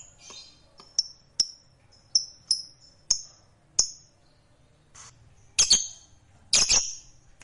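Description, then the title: Lovebird chirps: a series of sharp high ticks and short whistles, then two harsh squawks near the end. Fighter-type lovebird; the recording features its long ngekek trill. "Begitu Dengar Suara Lovebird FIGHTER NGEKEK PANJANG"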